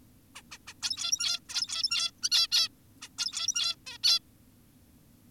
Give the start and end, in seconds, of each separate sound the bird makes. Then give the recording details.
0.35-0.42, 0.52-0.58, 0.68-0.74, 0.82-1.40, 1.49-2.11, 2.23-2.30, 2.32-2.48, 2.52-2.69, 3.02-3.09, 3.18-3.76, 3.87-3.98, 4.04-4.20. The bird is an adult. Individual g17y2U